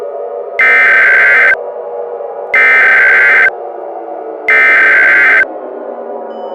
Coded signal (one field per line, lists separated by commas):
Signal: Emergency Alert System (SAME) tones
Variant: header bursts